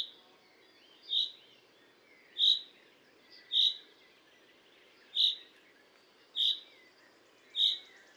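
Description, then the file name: Common chaffinch giving sharp high call notes about once a second, six in a row, over a low background hum. "Fringilla coelebs"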